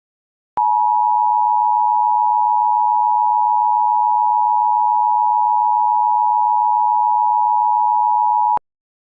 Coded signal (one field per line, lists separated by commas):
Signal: Emergency Alert System (SAME) tones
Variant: 853 and 960 Hz attention tone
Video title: EAS Short | Baltimore DMO.